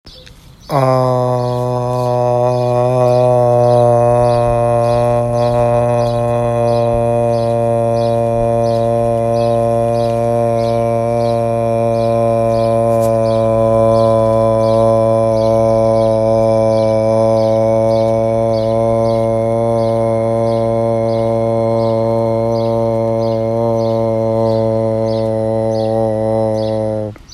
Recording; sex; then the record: sustained vowel /a/; male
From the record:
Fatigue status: no fatigue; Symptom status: symptomatic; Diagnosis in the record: COVID-19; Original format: m4a